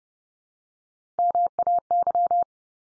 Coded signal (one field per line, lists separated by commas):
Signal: Morse code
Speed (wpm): 30 wpm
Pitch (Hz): 700 Hz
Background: none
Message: MAY